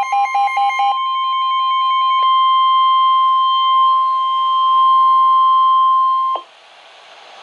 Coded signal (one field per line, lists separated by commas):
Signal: Emergency Alert System (SAME) tones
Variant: 1050 Hz attention tone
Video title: EAS #1,077 - Winter Storm Warning FAIL